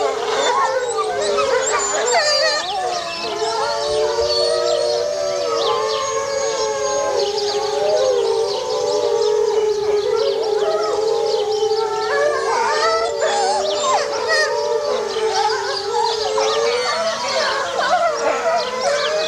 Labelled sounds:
Gray Wolf
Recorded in captivity
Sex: diverse
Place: Zoo Berlin, Berlin, DE
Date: 1987-02-06 11:35
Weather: cloudy, windy 3°
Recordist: Tembrock, Günter

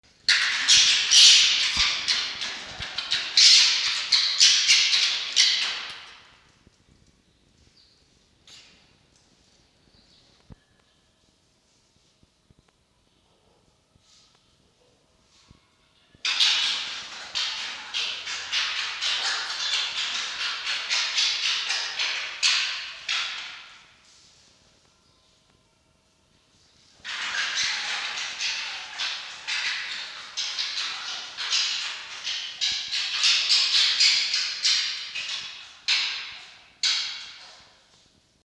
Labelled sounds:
Red Fox
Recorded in captivity
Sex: female
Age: juvenile
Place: Zoologisches Institut der HUB, Berlin, DE
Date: 1953-05-31 13:50
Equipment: Elmetra
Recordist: Tembrock, Günter
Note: Molly: Stoßlaute (Futterverteidigung gegen Fanny)

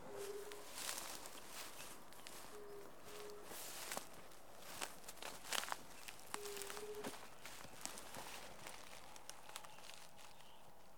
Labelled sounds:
Fire-Bellied Toad call
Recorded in the wild
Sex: male
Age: adult
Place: Bernau bei Berlin, Barnim, Brandenburg, DE
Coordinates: 52.6669, 13.6248
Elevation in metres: 85
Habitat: pond
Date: 2019-04-30 21:02
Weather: 15°C, clear, almost windless
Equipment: Zoom H4nSP
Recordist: Frommolt, Karl-Heinz

